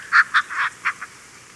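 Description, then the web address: Imperial snipe calling, a short burst of five harsh, nasal notes in quick succession, the last ones weaker, over a quiet background. Recorded in Ecuador. "Birds of Ecuador. Imperial Snipe"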